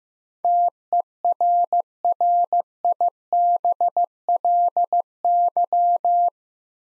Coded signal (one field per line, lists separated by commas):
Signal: Morse code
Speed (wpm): 15 wpm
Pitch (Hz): 700 Hz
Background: none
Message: TERRIBLY